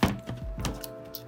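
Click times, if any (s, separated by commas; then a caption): none. Plastic side clips of a cover are pushed into the display hinge area of a 2018 MacBook during a screen replacement; the clips have to go down and slide forward together. A series of dull plastic thunks and knocks is heard as the cover is pressed, with the loudest at the very start. Nothing has seated or clicked yet: that side's clip fails to catch.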